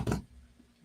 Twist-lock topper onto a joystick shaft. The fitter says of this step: spin it 90 degrees till it clicks and then it's just not going to go anywhere on you it's right